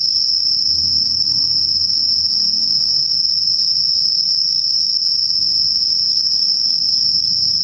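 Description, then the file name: Insect song, one continuous high, ringing trill without pause, over a soft low rumble in the background. Night insects; recorded at night, dated 12 September 2023. "yorunomushi 230912"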